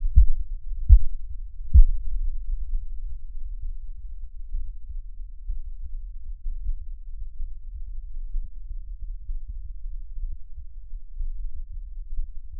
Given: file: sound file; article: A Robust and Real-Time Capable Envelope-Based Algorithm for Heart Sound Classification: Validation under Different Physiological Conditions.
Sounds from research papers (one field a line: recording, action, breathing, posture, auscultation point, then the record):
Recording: heart sounds by electronic stethoscope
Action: rest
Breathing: normal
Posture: lying on right side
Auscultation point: Erb’s point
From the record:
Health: healthy, no known heart disease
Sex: male